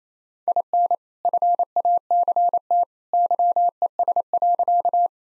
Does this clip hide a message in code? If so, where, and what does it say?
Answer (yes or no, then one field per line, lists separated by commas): yes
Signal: Morse code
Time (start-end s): 0.5-5.1 s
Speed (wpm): 28 wpm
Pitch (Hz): 700 Hz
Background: none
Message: IN FACT YES.